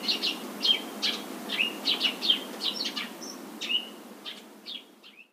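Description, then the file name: Eurasian tree sparrow calls, short chirps repeated in quick irregular runs, some with a downward slurred note, over a steady low hiss. "suzume"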